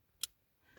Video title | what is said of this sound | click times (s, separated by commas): How To Install Aftermarket Headunit In Vauxhall Astra H MK5 2008 | will feel it click there you go | 0.2 s